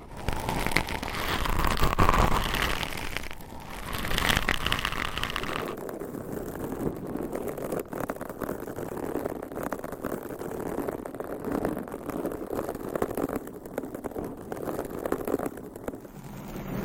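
Scratching on a microphone makes a dense, rough, continuous rustle. For the first six seconds it is brighter and louder, with scraping strokes that rise and fall. After that the sound turns duller and lower, a steady muffled grinding that lasts to the end.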